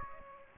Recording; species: mosquito wingbeat signal from an infrared sensor; Aedes aegypti